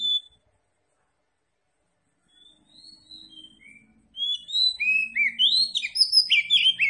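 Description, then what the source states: Oriental magpie-robin: a brief whistle, a pause, soft sliding whistles, then a dense run of rapid, varied high notes. Local type called Kacer Tretes; described as gacor, meaning singing vigorously.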